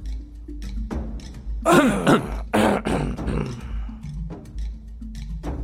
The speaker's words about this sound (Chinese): 庞吉和白玉堂一起咳嗽了一声，白玉堂咳嗽是因为自己胡思乱想，庞太师则是按了按喉咙，就觉得咳嗽的声音尖细尖细的，肺有点堵，脑袋嗡嗡响。